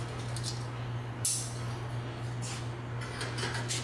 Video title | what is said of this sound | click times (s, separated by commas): How To Retrofit From T12 to T8 Fluorescent With Instruction Video | so we're going to go ahead and snap this one in | 1.2 s